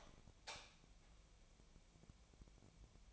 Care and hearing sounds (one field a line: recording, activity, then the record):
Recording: daily activity, microphone in the room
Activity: light on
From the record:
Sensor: 1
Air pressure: 1000.0 hPa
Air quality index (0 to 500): 130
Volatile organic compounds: 2 ppm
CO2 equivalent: 1233 ppm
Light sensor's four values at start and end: 33/84/35/43 and 36/96/39/47